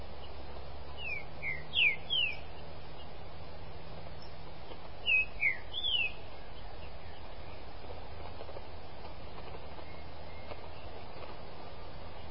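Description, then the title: Green-winged saltator song: two short phrases of three or four slurred whistles in the first half, over low background hum. "Trinca Ferro"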